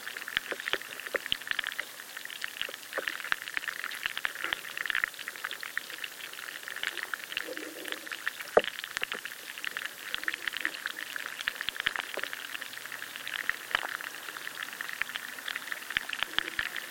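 Underwater life in a chalk river crackles and ticks in a dense, steady stream of bright clicks, with occasional sharper pops and low bubbling murmurs.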